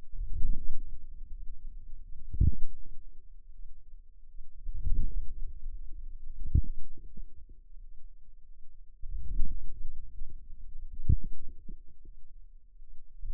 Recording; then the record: forearm muscle sounds (acoustic myography)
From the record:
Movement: outward rotation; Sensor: system 2, bracelet of six BSWA MPA416 microphones around the upper forearm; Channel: 6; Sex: female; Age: 23 years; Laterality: right